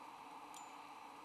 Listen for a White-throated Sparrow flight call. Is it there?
no